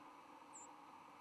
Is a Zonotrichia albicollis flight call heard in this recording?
no